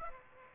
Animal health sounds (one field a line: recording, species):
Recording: mosquito wingbeat signal from an infrared sensor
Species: Aedes aegypti